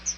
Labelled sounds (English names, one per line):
Chestnut-sided Warbler flight call